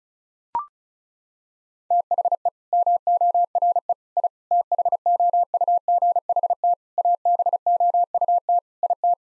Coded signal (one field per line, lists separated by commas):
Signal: Morse code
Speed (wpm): 36 wpm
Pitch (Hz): 700 Hz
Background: none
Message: THE MORE I THOUGHT ABOUT IT